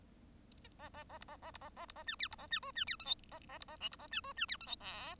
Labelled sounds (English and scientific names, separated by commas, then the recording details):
Bengalese Finch (Lonchura striata domestica) song
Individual Bird1